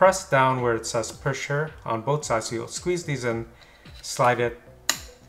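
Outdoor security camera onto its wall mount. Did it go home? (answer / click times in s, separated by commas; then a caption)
yes / 4.9 s. An outdoor security camera, a eufy SoloCam S340 dual-lens model, is slid onto its plastic wall mount while the pressure tabs on both sides are squeezed. Someone talks through most of the clip, then a sharp click sounds at 4.9 s as the camera latches and seats on the mount.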